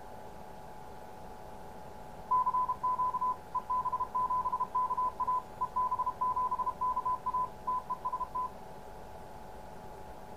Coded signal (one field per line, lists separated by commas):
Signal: Morse code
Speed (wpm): 32 wpm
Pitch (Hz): 1010 Hz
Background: none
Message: CQ EB7KA EB7KA TEST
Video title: Morse Code Decoder Module. Enclosure Build and Test. Ham Radio. Amateur Radio.